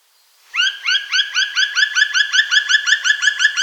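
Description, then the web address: Black woodpecker calling a fast, steady series of loud ringing notes after a brief silent start. "Aktivitetsbanken. Fuglelyder Svartspett"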